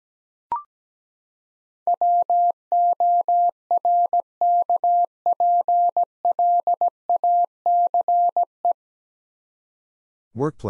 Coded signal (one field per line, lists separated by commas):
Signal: Morse code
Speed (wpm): 17 wpm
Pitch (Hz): 700 Hz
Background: none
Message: WORKPLACE